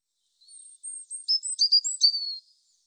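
European robin song: thin, high whistled notes followed by quick sliding trills and twitters, rising and falling in a short tumbling phrase about two seconds long.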